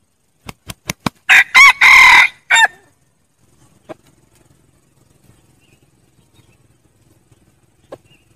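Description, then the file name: Red junglefowl crowing: a quick series of sharp claps, then a strident crow of two brief notes, a long middle note and a short end note, then quiet. Wild rooster crowing to call hens. "tieng ga trong rung gay goi ga"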